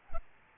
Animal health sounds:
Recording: mosquito wingbeat signal from an infrared sensor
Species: Aedes albopictus

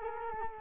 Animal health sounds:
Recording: mosquito wingbeat signal from an infrared sensor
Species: Culex quinquefasciatus

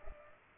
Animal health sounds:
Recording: mosquito wingbeat signal from an infrared sensor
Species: Culex pipiens

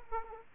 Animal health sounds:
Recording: mosquito wingbeat signal from an infrared sensor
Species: Aedes aegypti

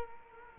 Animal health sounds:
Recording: mosquito wingbeat signal from an infrared sensor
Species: Culex quinquefasciatus

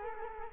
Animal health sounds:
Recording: mosquito wingbeat signal from an infrared sensor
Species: Culex quinquefasciatus

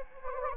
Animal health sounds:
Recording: mosquito wingbeat signal from an infrared sensor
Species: Anopheles gambiae

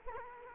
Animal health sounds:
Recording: mosquito wingbeat signal from an infrared sensor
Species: Culex quinquefasciatus

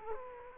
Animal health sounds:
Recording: mosquito wingbeat signal from an infrared sensor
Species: Culex quinquefasciatus

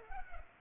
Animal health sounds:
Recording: mosquito wingbeat signal from an infrared sensor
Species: Culex pipiens

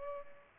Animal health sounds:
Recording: mosquito wingbeat signal from an infrared sensor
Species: Culex pipiens

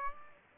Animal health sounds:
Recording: mosquito wingbeat signal from an infrared sensor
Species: Aedes aegypti

